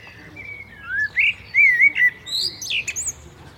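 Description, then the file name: Common blackbird song: a smooth, wavering fluted whistle that ends in a burst of shrill, squeaky twitters. "Turdus merula"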